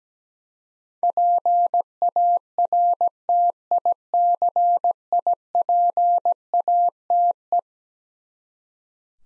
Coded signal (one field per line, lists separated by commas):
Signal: Morse code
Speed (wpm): 17 wpm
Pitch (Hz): 700 Hz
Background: none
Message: PARTICIPATE